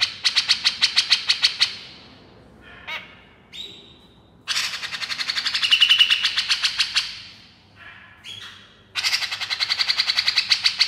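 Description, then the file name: Grey-cheeked bulbul giving fast, regular runs of harsh chattering notes, broken by short whistles and squawks, then a long, loud burst of buzzy chatter and another rapid run. Female bird. "suara cucak jenggot betina"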